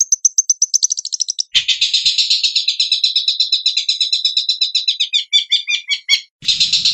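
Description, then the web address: Long-tailed shrike song: a quick series of high notes, then a loud, dense and scratchy chattering phrase of varied repeated elements, ending in another buzzy burst. Training song with varied fill-in phrases (isian variasi). "cendet variasi isian. masteran cendet"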